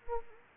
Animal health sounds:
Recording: mosquito wingbeat signal from an infrared sensor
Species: Anopheles gambiae

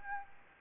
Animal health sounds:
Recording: mosquito wingbeat signal from an infrared sensor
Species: Anopheles gambiae

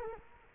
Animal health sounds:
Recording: mosquito wingbeat signal from an infrared sensor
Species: Culex quinquefasciatus

